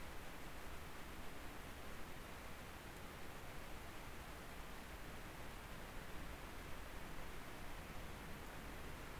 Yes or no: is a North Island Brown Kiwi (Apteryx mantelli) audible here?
no